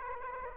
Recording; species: mosquito wingbeat signal from an infrared sensor; Aedes aegypti